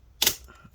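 On a Dell Inspiron 13 7000 7370 laptop, the plastic hinge cover trim on the display lid is pried off with fingernails, pulled toward the person and lifted. Its clips pop loose with a sharp, bright snap at 0.2 s, followed by a quieter rattle as the trim comes free. The cover is released.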